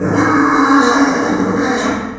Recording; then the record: squeal of a Yucatan mini pig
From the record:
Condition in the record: after surgery on the right vocal fold (resection and tissue-engineered implant); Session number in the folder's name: 4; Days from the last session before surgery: 26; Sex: female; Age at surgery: 19 weeks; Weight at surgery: 25 kg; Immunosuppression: prednisolone